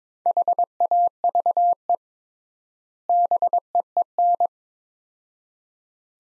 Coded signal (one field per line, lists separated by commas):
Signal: Morse code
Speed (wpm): 22 wpm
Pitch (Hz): 700 Hz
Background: none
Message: HAVE BEEN